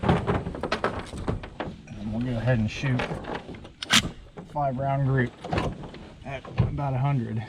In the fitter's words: insert it into the rifle push all the way down till it clicks and